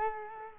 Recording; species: mosquito wingbeat signal from an infrared sensor; Culex quinquefasciatus